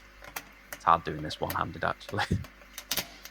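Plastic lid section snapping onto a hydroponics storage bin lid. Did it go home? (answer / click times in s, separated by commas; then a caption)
yes / 2.8 s, 2.9 s. A 3D printed plastic lid section is pressed one-handed back into place on a hydroponics storage bin lid while someone talks. Light plastic taps come first, then two sharp snaps at about 2.8 and 2.9 seconds as the piece clicks in and seats.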